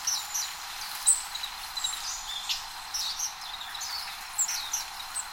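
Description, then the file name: Long-tailed tit calls, faint high-pitched tsee notes and brief sibilant chirps repeated irregularly over a constant hissing background. "enaga"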